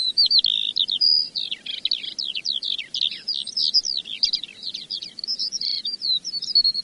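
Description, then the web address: Eurasian skylark singing an unbroken, hurried torrent of high chirps, slurred whistles and trills, densely packed and varied throughout. "earth naturelibrary. skylark"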